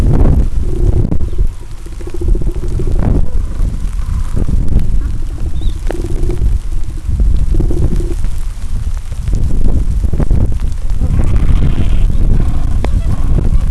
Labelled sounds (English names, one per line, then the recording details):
Gentoo Penguin
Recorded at the colony at Gold Harbour, on 26 December 2014
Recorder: Song Meter SM2+